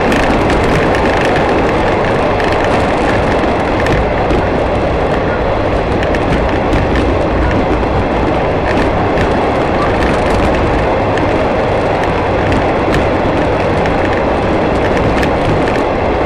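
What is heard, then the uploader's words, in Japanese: A roar fills the inside of the Shimanto Torokko open-air train car as it runs through the many tunnels of the Yodo Line. The loud rumble stays constant and dense the whole way, with a low steady drone and bursts of rattling wheel noise. 予土線しまんトロッコ2号 江川崎→土佐大正。また意外と風が冷たいです。前日まで大雨だったこともあり川の水は汚かったですが、空気はとてもきれいに感じました。トンネル区間が多いので結構轟音だらけになります。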